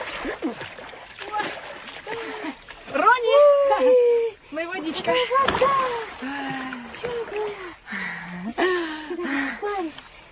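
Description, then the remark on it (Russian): Water splashes and sloshes in bursts as someone swims, mixed with excited, high-pitched voices talking and calling over the watery noise, in a dramatization of Ronia, the Robber's Daughter. “А ты на спинке умеешь плавать?”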